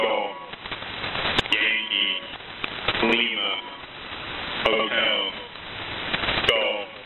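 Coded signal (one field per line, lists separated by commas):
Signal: coded military voice message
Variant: US Air Force EAM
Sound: male voice reading clipped coded phrases over a noisy HF channel, with occasional clicks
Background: radio static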